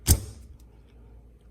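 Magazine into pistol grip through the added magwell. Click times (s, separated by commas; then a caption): 0.1 s. A magazine is pushed up through a newly fitted magwell into the grip of a Rock Island TCM double-stack .22 1911 pistol. A single sharp, positive click is heard at 0.1 s, followed by quiet low hum. The magazine catch locks it and the magazine is seated.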